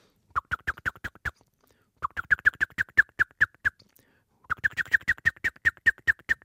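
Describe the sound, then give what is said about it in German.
A blackbird's ground-predator alarm call in its mild form, warning of a cat: three bursts of rapid, evenly spaced chucking notes, each run about a second and a half long, sharp and mid-pitched with short silences between. “Der Bodenfeind Alarmruf in leichter Form.”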